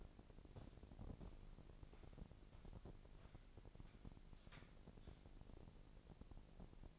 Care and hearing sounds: daily activity, microphone in the room; walk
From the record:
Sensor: 5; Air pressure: 1012.3 hPa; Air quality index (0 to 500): 162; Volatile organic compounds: 2 ppm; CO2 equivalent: 1111 ppm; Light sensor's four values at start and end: 342/826/352/393 and 342/826/352/392

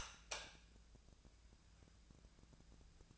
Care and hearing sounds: daily activity, microphone in the room; light on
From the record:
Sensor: 2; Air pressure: 999.8 hPa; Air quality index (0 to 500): 118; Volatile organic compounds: 2 ppm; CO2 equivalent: 1016 ppm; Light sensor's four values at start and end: 37/93/39/45 and 41/109/46/51

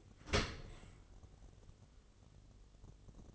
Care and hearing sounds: daily activity, microphone in the room; open dishwasher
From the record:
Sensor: 4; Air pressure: 1015.8 hPa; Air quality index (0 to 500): 110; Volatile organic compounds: 2 ppm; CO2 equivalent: 1232 ppm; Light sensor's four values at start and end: 9/19/7/7 and 8/18/7/7

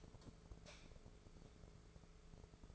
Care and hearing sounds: daily activity, microphone in the room; light off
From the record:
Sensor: 5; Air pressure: 1014.8 hPa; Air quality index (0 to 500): 169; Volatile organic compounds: 6 ppm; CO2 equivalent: 1860 ppm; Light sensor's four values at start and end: 84/204/85/91 and 108/257/109/120

